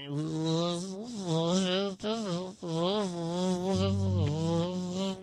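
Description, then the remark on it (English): A synthesized mosquito buzz made with a VST digital plugin drones steadily for several seconds, a rich, nasal electronic whine whose pitch wavers and bends, cutting out briefly twice before resuming at a loud, even level. “Hang on, it's a mosquito.”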